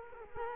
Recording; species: mosquito wingbeat signal from an infrared sensor; Culex quinquefasciatus